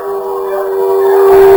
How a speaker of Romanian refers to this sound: Ce se aude? Nu știu, eu nu aud nimic. Acum nu, da. Dar mai înainte s-a auzit un fel de urlet.